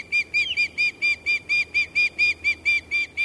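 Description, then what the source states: Osprey giving a rapid, steady series of thin, high whistled chirps, each note clipped and even. Relatively high-pitched osprey calls, seemingly at odds with the birds' robust general impression; birds back from wintering grounds, repairing nests and forming or reaffirming pair bonds.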